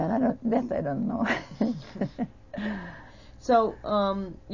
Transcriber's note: she laughs